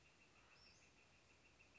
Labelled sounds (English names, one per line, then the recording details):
Northern Flicker
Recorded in Sonoma County, California